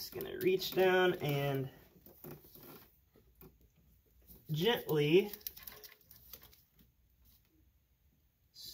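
While working on a Chevy Silverado L83 Gen V engine for an AFM/DOD delete, someone talks and then squeezes the plastic locking tab on a wiring harness connector for an engine sensor, by hand or with pliers. Faint small taps follow, and a sharp click at 5.7 s marks the tab releasing so the connector can be pulled off.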